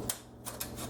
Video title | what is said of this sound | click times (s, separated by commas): Intel i7 3770k & DZ77GA-70K Motherboard Install | pops right in the corner you'll hit click right into place okay | 0.1 s, 0.6 s